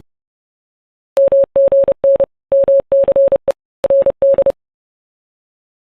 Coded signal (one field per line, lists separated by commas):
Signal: Morse code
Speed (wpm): 31 wpm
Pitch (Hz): 550 Hz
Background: none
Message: MGN MCE RD